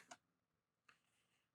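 Plastic snap-fit parts of a snap-together model railway locomotive lift chassis are pressed together, giving two short tick-like clicks at 0.1 s and 0.9 s. The parts click into place and are seated.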